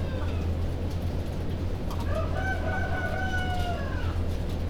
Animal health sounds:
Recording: poultry house recording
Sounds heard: healthy chickens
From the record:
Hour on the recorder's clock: 2

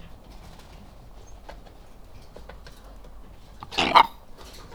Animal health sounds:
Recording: poultry house recording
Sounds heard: sick chickens (respiratory disease)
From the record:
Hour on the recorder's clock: 14

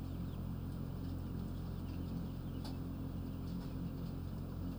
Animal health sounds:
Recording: poultry house recording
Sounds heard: healthy chickens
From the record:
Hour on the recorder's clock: 22

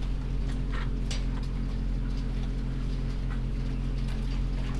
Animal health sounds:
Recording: poultry house recording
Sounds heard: sick chickens (respiratory disease)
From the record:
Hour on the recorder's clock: 23

